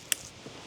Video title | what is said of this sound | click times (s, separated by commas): How To Install a Kayak Motor! - Newport NK300 Easy DIY Tutorial | That's one click. | 0.1 s